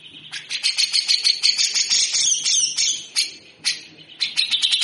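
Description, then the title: Grey-cheeked bulbul singing rough, quick rattling phrases of sharp buzzy notes that rise and fall in loudness, with short breaks between bursts. Tutor recording (masteran) used for training birds; bird singing actively (gacor) in the coarse rattling besetan kasar song style, long duration. "MASTERAN CUCAK JENGGOT GACOR FULL BESETAN KASAR DURASI PANJANG"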